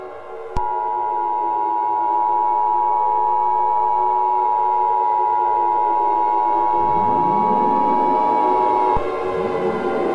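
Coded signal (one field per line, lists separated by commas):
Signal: Emergency Alert System (SAME) tones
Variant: 853 and 960 Hz attention tone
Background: music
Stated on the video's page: Fictional EAS mini scenario of a nuclear power plant radiological disaster.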